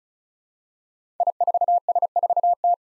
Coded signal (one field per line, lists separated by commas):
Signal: Morse code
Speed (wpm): 36 wpm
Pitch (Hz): 700 Hz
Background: none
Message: I4S4T